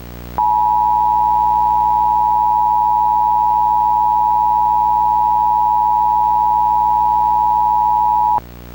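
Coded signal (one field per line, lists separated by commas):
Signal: Emergency Alert System (SAME) tones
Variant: 853 and 960 Hz attention tone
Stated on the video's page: Fan-made mock EAS alerts.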